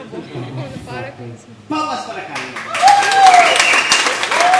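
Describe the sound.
An audience breaks into loud, dense applause partway through, a steady wash of clapping that continues to the end while a voice keeps speaking over it.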